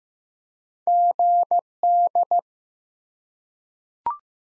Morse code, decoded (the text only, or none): GD